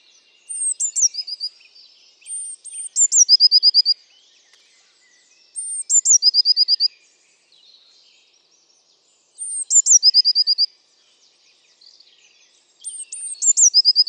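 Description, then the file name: Eurasian blue tit repeating its song about five times, every few seconds: thin high whistled notes, then a quick ringing trill. "Cyanistes caeruleus"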